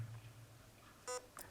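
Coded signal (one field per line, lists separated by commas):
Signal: beep code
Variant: airsoft electronic trigger unit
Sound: a single short buzzy electronic beep, followed by a mechanical click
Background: room hum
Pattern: 1 short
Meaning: First menu option: programming the binary trigger on semi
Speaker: I know that that is the first one beep and I'm going to enter that mode so I'm going to wait for one beep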